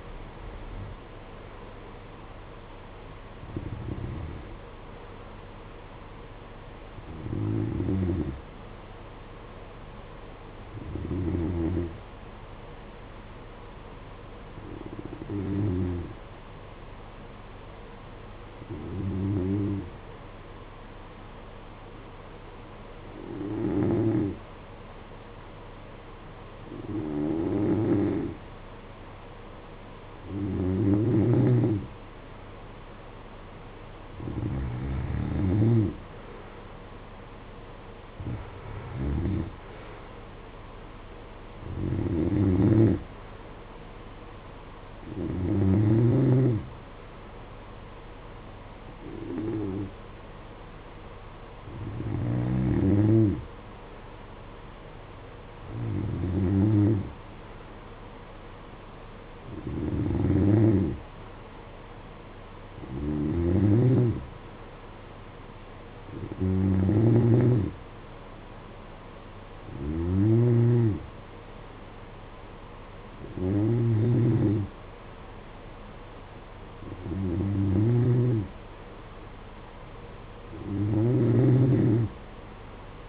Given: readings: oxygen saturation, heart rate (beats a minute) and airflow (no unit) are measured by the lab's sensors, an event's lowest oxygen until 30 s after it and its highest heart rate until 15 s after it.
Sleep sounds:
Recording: breathing in sleep by a voice recorder at the bedside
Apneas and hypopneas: 1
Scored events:
1.00-31.00 s: new sleep stage, N1 (lightest sleep)
10.00-32.70 s: hypopnea (N1, oxygen 95% highest, then 89% lowest, heart rate 49 at the start, 56 highest)
31.00-83.09 s: new sleep stage, N2 (light sleep)
From the record:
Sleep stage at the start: N2 (light sleep)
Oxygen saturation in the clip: 89 to 95%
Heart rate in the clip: 49 to 56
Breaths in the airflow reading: 23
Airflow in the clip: -14.8 to 11.0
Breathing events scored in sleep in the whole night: 476 in 9.7 hours asleep

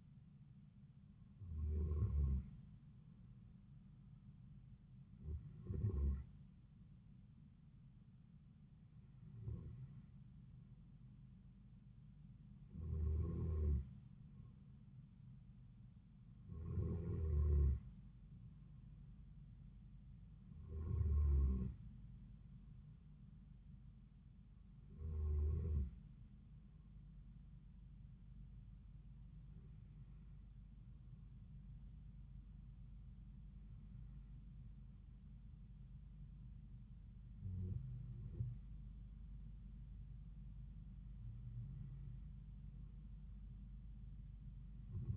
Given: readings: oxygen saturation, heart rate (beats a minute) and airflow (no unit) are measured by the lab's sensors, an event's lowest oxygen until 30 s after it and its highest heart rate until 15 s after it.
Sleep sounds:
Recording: breathing in sleep by a smartphone at the bedside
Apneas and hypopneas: none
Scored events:
none scored
From the record:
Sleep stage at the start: N2 (light sleep)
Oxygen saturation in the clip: 93 to 94%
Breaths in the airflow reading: 11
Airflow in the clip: -4.3 to 3.7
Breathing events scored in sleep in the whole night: 270 in 6.1 hours asleep

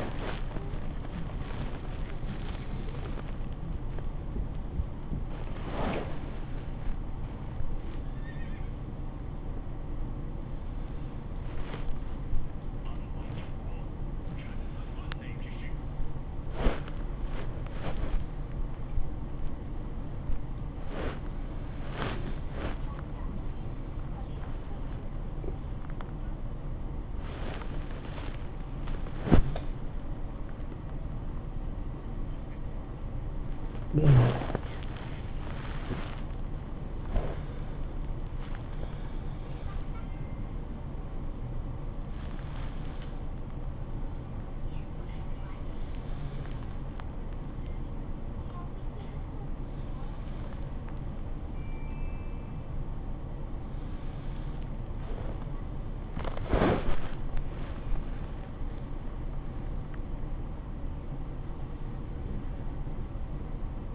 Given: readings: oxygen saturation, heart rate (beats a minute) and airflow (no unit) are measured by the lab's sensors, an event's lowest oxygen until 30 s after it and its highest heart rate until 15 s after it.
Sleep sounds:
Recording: a person awake in a sleep study, by a smartphone at the bedside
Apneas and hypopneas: none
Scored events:
0.00-63.95 s: awake
From the record:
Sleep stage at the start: awake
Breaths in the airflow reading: 21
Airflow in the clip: -0.7 to 0.6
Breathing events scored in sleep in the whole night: 403 in 5.5 hours asleep

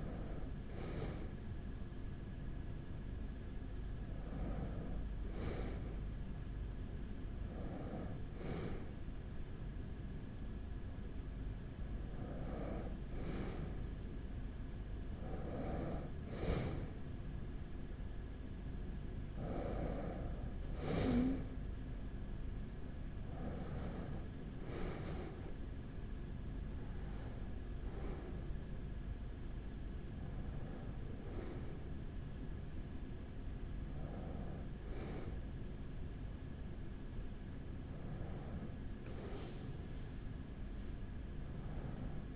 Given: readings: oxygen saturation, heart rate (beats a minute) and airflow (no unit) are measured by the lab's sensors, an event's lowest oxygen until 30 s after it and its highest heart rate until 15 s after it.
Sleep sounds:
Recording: breathing in sleep by a smartphone at the bedside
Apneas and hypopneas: 1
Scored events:
4.00-27.60 s: hypopnea (N1, oxygen 94% highest, then 93% lowest, heart rate 47 at the start, 52 highest)
From the record:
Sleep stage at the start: N1 (lightest sleep)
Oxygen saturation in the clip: 93 to 94%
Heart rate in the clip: 45 to 52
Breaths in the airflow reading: 11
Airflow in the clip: -5.6 to 5.2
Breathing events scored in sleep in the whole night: 207 in 7.6 hours asleep

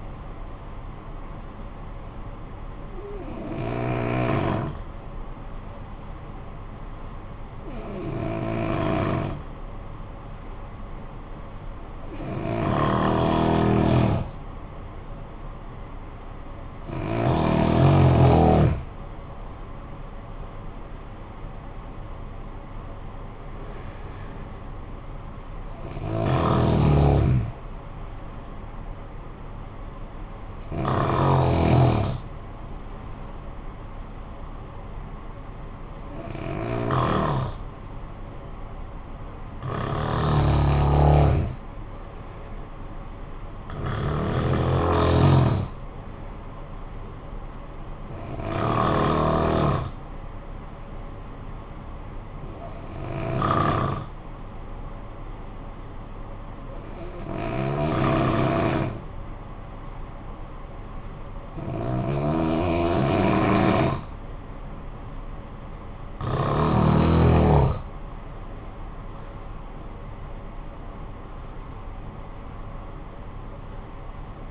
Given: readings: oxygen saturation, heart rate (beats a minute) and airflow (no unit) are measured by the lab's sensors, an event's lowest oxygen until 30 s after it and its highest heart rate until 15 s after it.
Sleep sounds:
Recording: breathing in sleep by a smartphone at the bedside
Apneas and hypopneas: 2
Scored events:
3.00-20.80 s: hypopnea (N1, oxygen 95% highest, then 88% lowest, heart rate 50 at the start, 70 highest)
36.00-66.80 s: hypopnea (N1, oxygen 96% highest, then 85% lowest, heart rate 52 at the start, 67 highest)
44.00-74.51 s: new sleep stage, N2 (light sleep)
From the record:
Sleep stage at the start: N1 (lightest sleep)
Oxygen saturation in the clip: 87 to 96%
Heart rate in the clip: 49 to 70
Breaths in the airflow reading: 17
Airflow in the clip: -10.0 to 10.5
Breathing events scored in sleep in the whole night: 445 in 7.6 hours asleep

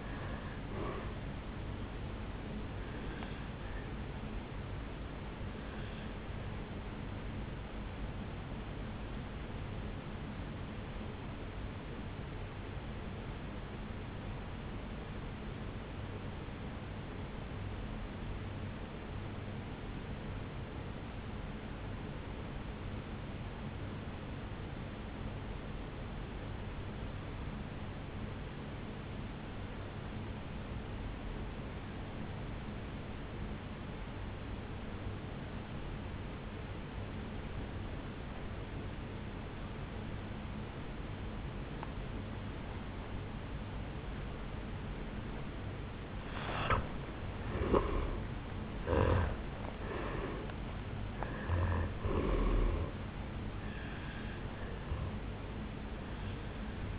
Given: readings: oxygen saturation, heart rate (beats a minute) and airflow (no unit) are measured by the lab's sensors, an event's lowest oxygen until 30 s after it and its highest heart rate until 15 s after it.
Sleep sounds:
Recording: breathing in sleep by a voice recorder at the bedside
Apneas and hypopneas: 1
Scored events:
11.00-46.70 s: obstructive apnea (N2, oxygen 98% highest, then 84% lowest, heart rate 53 at the start, 74 highest)
30.00-56.98 s: new sleep stage, N1 (lightest sleep)
From the record:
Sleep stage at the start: N2 (light sleep)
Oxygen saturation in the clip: 82 to 98%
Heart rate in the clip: 52 to 79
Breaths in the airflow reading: 4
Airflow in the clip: -11.5 to 9.2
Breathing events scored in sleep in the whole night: 449 in 7.0 hours asleep

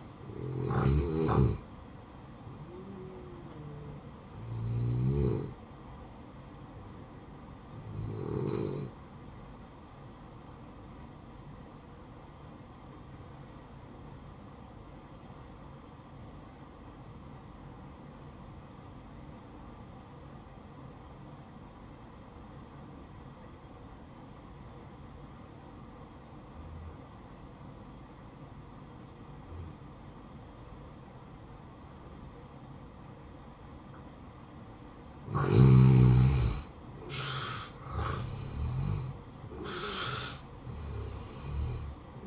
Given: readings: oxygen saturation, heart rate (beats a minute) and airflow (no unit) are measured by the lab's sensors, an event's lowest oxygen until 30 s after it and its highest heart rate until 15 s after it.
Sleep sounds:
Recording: breathing in sleep by a smartphone at the bedside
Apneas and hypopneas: 1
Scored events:
12.00-37.30 s: hypopnea (N1, oxygen 95% highest, then 85% lowest, heart rate 58 at the start, 73 highest)
From the record:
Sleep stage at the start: N1 (lightest sleep)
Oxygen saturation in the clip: 85 to 95%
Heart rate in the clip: 57 to 73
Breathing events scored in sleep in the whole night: 573 in 9.8 hours asleep

